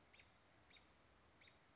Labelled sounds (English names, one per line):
American Robin